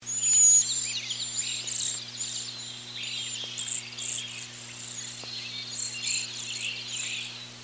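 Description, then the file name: Cedar waxwing calls: thin, very high lisping notes repeated in a loose, continuous series. Call a high-pitched lisp or rattle, like the sound of a tiny mouse snoring. "1987-08-05 Cedar Waxwing"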